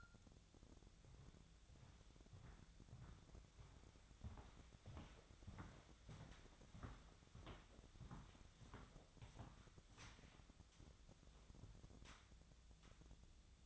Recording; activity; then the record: daily activity, microphone in the room; walk to room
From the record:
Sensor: 3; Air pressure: 1000.0 hPa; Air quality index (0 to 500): 123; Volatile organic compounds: 2 ppm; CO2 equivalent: 1103 ppm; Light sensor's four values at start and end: 42/104/46/50 and 41/100/44/48